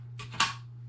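An M1 bayonet is slid onto the bayonet lug of an M1903 rifle stock, with a soft sliding scrape at about 0.2 s over a steady low hum. At 0.4 s a sharp metallic click sounds as the steel locking hook passes the lug and locks the bayonet into place.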